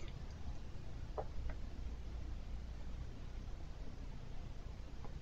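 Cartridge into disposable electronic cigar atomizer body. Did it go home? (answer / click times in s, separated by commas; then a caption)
yes / 1.2 s. A pre-filled cartridge, its cap removed, is pushed home into the atomizer body of a disposable electronic cigar. Over a low background hum, a few faint ticks are heard, and the strongest short snap at 1.2 s is the cartridge engaging. The cartridge is properly seated.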